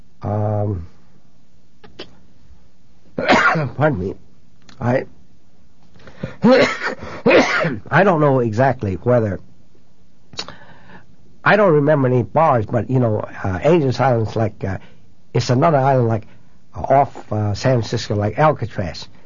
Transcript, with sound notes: pardon me, I (sneezing) I don't know exactly whether--I don't remember any bars, but you know Angel Island is another island like, off San Francisco, like Alcatraz.